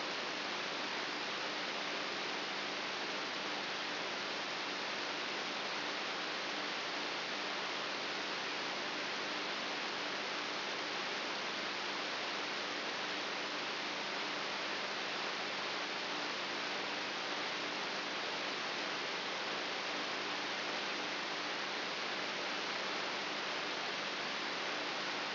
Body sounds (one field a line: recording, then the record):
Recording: brain microelectrode recording played as sound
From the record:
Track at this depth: inside the subthalamic nucleus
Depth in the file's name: 2.44 mm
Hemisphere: right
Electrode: 3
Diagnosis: Parkinson's disease